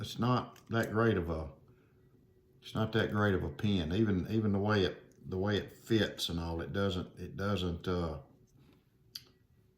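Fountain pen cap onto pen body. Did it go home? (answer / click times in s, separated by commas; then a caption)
yes / 9.2 s. Someone talks while fitting the cap onto a stainless steel fountain pen, then the cap snaps on with a sharp click at 9.2 s. It seats, though the fit is hard to get, part of a complaint about how the pen fits.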